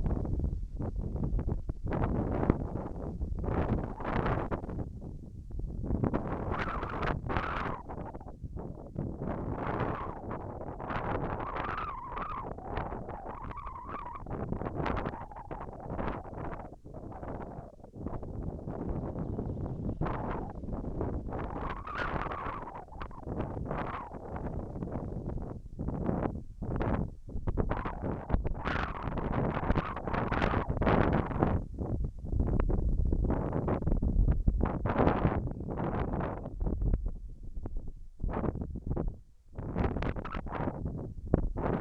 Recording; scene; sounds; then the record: everyday scene through a hearing-aid microphone; wind on the microphone; wind, whistling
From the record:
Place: in front of a rural house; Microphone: behind the ear, left, rear